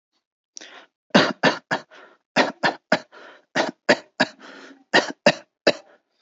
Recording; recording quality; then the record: shallow voluntary cough; excellent, no background noise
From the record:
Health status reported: healthy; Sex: male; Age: 28 years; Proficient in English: yes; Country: India